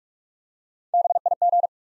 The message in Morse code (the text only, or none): B I G